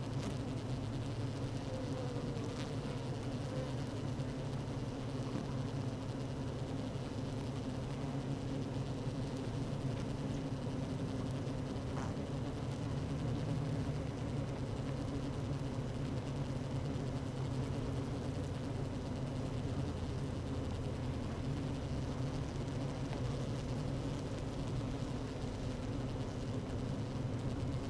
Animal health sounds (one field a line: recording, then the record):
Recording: honeybee colony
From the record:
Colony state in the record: active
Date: 12 June 2018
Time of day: 15:42